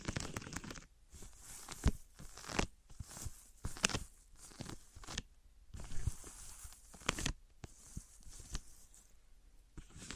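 Material contrasts of wood, cork, sponge, foam, glass and plastic, heard as a run of short, irregular rubbing, scraping and crinkling bursts with brief quiet gaps between. The sounds are mostly bright and scratchy, with a few sharper taps near two, four and seven seconds.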